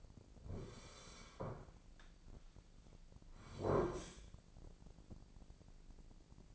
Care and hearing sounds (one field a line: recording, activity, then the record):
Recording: daily activity, microphone in the room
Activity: sit down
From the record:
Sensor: 5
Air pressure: 1009.3 hPa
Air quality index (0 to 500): 158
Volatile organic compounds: 2 ppm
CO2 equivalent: 1216 ppm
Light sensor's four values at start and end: 233/561/236/255 and 237/571/240/260